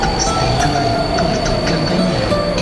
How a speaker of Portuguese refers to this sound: Senhores passageiros, o comboio Intercidades segue em longo curso.